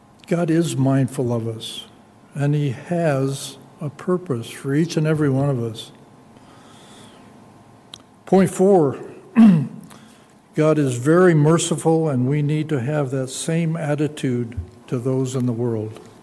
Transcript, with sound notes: God is mindful of us and he has a purpose for each and every one of us. Point four, [clears throat] God is very merciful and we need to have that same attitude to those in the world.